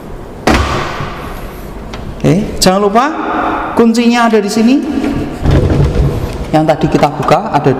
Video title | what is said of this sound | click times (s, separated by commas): Praktikum Penggunaan Peralatan Jaringan Komputer | sampai dengan kita dorong sampai dengan terdengar bunyi klik. | 0.5 s